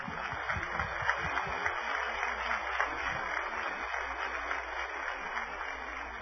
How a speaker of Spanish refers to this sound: Un aplauso ahí, hermanos.